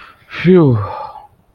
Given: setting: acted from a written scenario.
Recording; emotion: vocal sound without words; relief